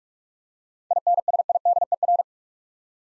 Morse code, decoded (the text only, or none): INSIDER